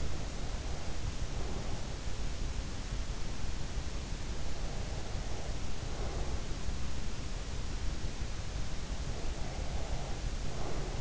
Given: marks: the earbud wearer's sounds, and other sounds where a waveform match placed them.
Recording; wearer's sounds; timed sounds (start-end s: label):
sounds in sleep by an in-ear microphone; breath
0.00-1.99 s: breath
4.73-6.15 s: breath
9.32-11.01 s: breath